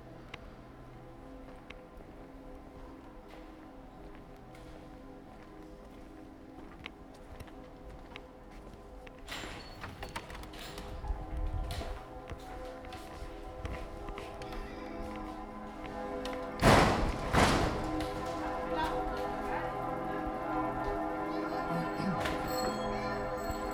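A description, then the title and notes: Sounds of Ulm: a steady low hum with faint sustained tones runs throughout, dotted with scattered clicks and knocks. Activity thickens after about ten seconds, with a loud thud and clatter near the seventeenth second, and faint voices now and then. Sounds of Ulm (Soundscapes meets Kulturradio).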